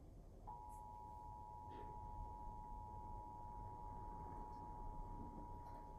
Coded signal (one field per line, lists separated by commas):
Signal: Emergency Alert System (SAME) tones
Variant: 853 and 960 Hz attention tone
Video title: TSUNAMI WARNING ON WEATHER CHANNEL FOR HAWAII!!!!!! (EAS #12)